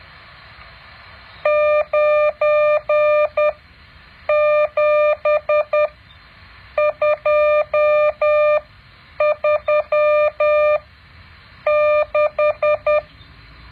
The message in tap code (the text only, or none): none